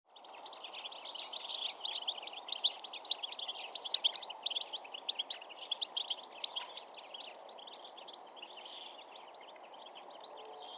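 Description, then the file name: European goldfinch twittering: dense, rapid, tinkling chirps and trills that run without pause throughout, growing fainter after about 8 seconds, over a steady low background hum. "Carduelis carduelis"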